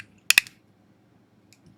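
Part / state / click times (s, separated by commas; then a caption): plastic knee joints of a transforming robot action figure / seated / 0.3 s. The plastic leg parts of a Transformers Age of the Primes Vortex helicopter robot figure are pulled back down during its robot-mode transformation, and the knee joints click into their locked position. A sharp, loud plastic click comes at 0.3 s, followed by a second click at 0.4 s and a faint tick around 0.5 s. After that there is near silence with a small tick near 1.5 s, and the knees are seated.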